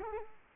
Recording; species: mosquito wingbeat signal from an infrared sensor; Culex quinquefasciatus